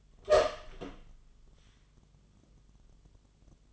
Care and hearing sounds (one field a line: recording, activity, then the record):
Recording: daily activity, microphone in the room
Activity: open door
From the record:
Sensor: 4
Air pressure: 1005.8 hPa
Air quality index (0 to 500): 88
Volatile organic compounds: 2 ppm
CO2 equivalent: 1091 ppm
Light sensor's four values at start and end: 13/30/12/11 and 13/29/11/11